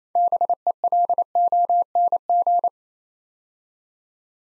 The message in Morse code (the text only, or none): BELONG